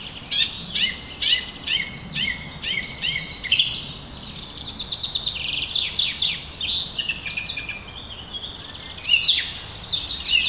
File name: Turdus philomelos - Song Trush